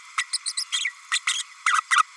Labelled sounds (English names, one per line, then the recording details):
Green-rumped Parrotlet babbling
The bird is a female
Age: 32 days
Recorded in a nest box in Venezuela
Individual 17B32A5